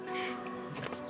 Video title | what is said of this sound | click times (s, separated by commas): Don't Travel Without This Tesla Accessory: ZHNN Rear Screen Review | going to put that in there nice and snap in place. | 0.8 s